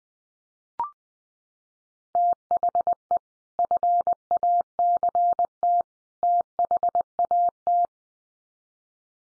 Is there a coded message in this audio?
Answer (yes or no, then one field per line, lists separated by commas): yes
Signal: Morse code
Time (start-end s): 2.2-7.9 s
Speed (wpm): 20 wpm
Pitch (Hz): 700 Hz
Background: none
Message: THE FACT THAT